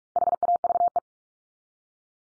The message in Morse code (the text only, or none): HAVE